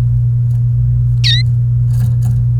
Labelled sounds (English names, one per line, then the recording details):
Domestic Canary song
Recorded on 28 April 2018 at 10:06
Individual llb3